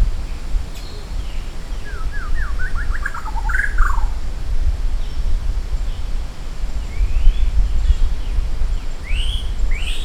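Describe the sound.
Maratua shama delivering a rapid stuttering series of whistled notes ending in a falling slur, later a few rising whistles, with persistent low rumbling noise.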